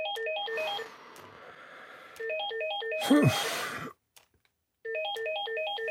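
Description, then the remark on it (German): An electronic phone ringtone plays a repeating stepped melody of high tones in bursts, broken by a short noisy clatter and a brief silence before the ringing resumes. “Sind Sie sicher, dass Sie nicht ans Telefon gehen wollen”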